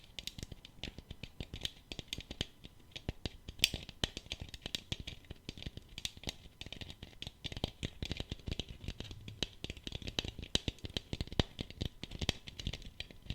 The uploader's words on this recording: Tapping No Talking.